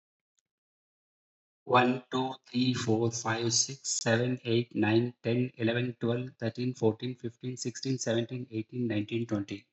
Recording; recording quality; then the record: counting at a fast pace; excellent, no background noise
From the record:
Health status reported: healthy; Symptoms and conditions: none ticked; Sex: male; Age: 53 years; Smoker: not ticked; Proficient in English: yes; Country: India